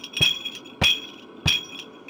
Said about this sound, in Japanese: そしてこっちはタンバリン。こうやって叩いて演奏する楽器。